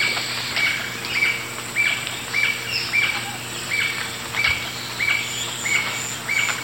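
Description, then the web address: Paradise jacamar calling with a run of thin, sharp whistled notes, spaced roughly every two-thirds of a second against a steady background hiss. Recorded in the eastern lowlands of South America. "Natures Songs S America Eastern Lowlands. Paradise Jacamar"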